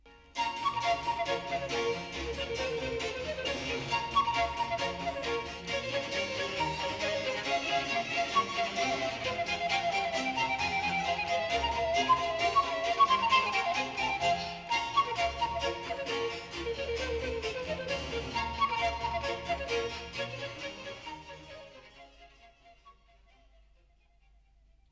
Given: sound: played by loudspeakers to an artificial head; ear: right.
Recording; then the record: music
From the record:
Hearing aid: none